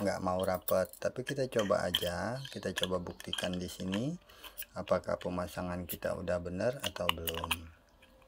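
Someone talks while handling a small metal connector to fit it into the RBA bridge of a San AIO vape, a part that is often fitted the wrong way round so it won't close. Only faint handling noise is heard under the talking, with a couple of quiet ticks at the very end. Nothing has seated or clicked yet.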